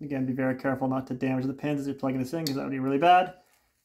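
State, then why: Not seated. The pigtail connector of a JD Jetting Power Surge 6X EFI tuner is being handled and lined up to plug onto the plastic fuel injector connector of a Honda CRF 450L motorcycle while someone talks throughout. The talking stops at about 3.4 seconds and the clip goes quiet, with nothing seated or clicked yet.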